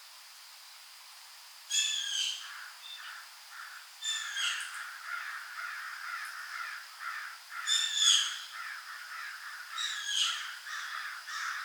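Birds calling in a dawn chorus in Wolfville, Nova Scotia. Loud, harsh crow-like caws burst out at about two, four, eight and ten seconds, with softer chirps filling the gaps. A thin, steady high tone runs underneath throughout.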